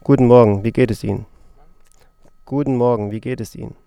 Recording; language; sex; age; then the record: spoken sentence; German; male; 20 to 29 years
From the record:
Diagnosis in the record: healthy voice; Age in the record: 28 years